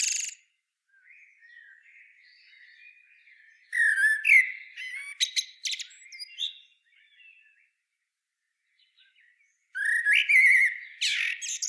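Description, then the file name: Common blackbird song: a soft, quiet warble, then a loud flutey phrase with high chattering squeaks, a pause, and another mellow phrase ending in twitters. "Turdus merula"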